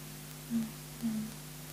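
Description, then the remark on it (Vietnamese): An air conditioner runs with a steady, low droning hum and faint background hiss, broken twice by brief, slightly louder tonal swells about half a second apart. “Con này tắt máy lạnh không anh?”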